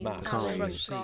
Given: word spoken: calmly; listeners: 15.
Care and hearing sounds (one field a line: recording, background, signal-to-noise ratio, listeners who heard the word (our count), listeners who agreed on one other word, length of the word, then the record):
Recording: one English word in noise, from a listening test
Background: four-talker babble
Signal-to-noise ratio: -1.5 dB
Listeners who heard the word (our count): 0 of 15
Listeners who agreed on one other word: 7 of 15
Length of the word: 0.64 s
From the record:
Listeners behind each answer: 7, 3, 2, 1, 1, 1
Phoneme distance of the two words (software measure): 37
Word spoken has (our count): 2 syllables, 5 phonemes, stress on syllable 1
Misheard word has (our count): 1 syllable, 4 phonemes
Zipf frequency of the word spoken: 3.30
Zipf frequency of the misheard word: 5.60